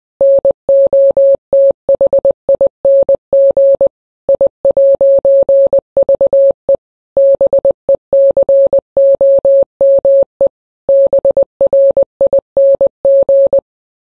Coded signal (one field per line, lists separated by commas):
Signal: Morse code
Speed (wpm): 20 wpm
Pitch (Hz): 550 Hz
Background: none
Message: NOTHING I'VE BECOME BRING